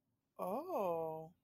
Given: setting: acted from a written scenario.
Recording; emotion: vocal sound without words; interest